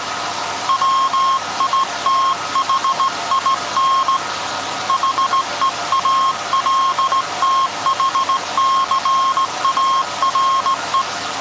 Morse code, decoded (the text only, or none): WITHIN HEALTHCARE